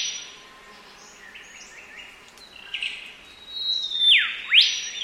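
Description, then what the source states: Olive Whistler call: a long high whistled note, then shorter lower notes, ending with a sharp sweeping down-and-up whistle. Recorded at Anson's Bay, Tasmania; species found in wet forests and coastal shrubs; call rendered as ee-ee-o-wee.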